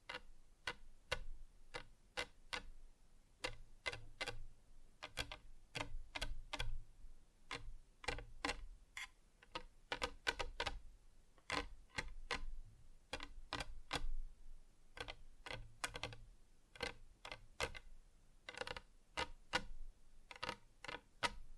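Fingers tap on different surfaces in quick, uneven bursts of sharp clicks, some dull and thumpy, others bright and crisp, continuing throughout.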